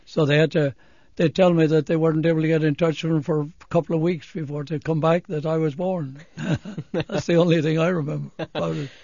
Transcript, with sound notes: So they had to, they tell me that they weren't able to get in touch with him for a couple of weeks before, to come back, that I was born. (laughs) That's the only thing I remember about it.